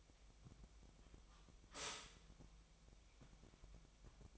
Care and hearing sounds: daily activity, microphone in the room; stop toaster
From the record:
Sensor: 1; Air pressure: 1001.9 hPa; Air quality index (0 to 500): 239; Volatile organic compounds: 43 ppm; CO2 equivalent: 3197 ppm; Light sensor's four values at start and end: 10/36/13/15 and 10/36/13/15

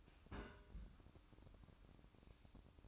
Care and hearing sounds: daily activity, microphone in the room; place on stove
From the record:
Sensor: 2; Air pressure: 1007.8 hPa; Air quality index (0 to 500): 101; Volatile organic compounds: 1 ppm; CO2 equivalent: 759 ppm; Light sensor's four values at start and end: 6/15/6/6 and 6/15/6/6

